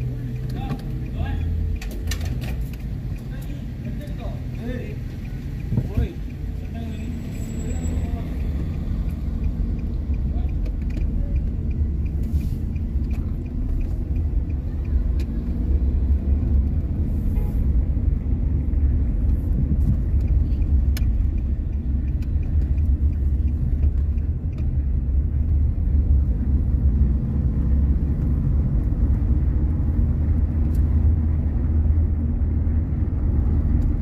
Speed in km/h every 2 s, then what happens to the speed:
1, 2, 3, 9, 14, 14, 15, 17, 23, 24, 21, 19, 21, 25, 28, 28, 27.
0-3 standing. 3-8 pulls away to 14. 8-13 steady at about 14. 13-17 speeds up to 24. 17-23 steady at about 21. 23-28 speeds up to 28. 28-34 steady at about 28.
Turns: 20-25.